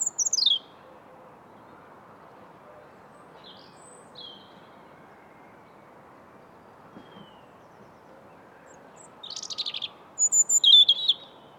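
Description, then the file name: European robin song: a brief high descending phrase at the start, long quiet, then scattered thin notes and a rapid twittering burst at the end. "Erithacus rubecula"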